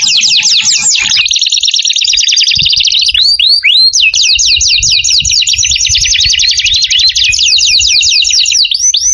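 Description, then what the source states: Canary trilling continuously: fast sweeping notes give way to a dense rolled trill, then a long even series of rapid looping notes repeated many times a second. Lure call for bird-trapping.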